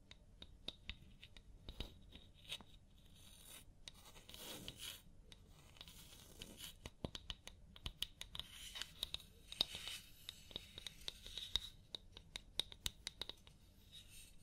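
A scalp massage and hair wash, heard as dense, irregular scratching and rubbing with frequent sharp, bright clicks and crackles scattered throughout. A low, steady rumble runs underneath, and a softer swishing rub rises around the fifth second.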